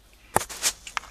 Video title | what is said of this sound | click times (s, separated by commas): F150 drivetrain install and startup | you go little effort she pops right in place so | 0.4 s, 1.0 s